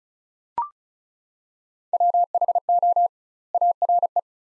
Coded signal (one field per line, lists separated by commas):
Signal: Morse code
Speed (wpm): 36 wpm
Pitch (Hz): 700 Hz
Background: none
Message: WHO ARE